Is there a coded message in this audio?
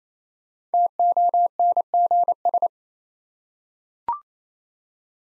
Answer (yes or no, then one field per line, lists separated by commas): yes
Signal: Morse code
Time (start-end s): 0.7-2.7 s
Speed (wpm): 27 wpm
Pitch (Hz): 700 Hz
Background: none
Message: TONGS